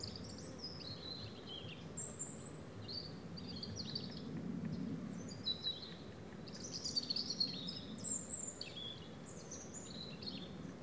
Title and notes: Méandres du Saugey - Brangues, France - Ambiance sifflée des Méandres du Saugey. Rouge gorges pour un concerto d'après-midi dans les Méandres du Saugey. Stéphane Marin - EspaceS SonoreS